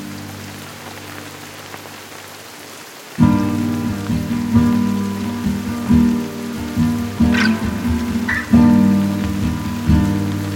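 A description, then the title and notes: Rain falls, starting as a soft, steady hiss with a low hum for about three seconds. Then it suddenly turns loud and dense, a heavy, rumbling downpour that swells in surges around five, six, seven and eight and a half seconds. Its raining.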